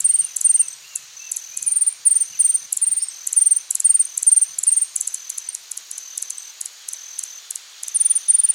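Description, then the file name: Hummingbird calls: very high, thin chips in quick bursts, repeated with short pauses, plus a few faint lower twitters. "picabronce"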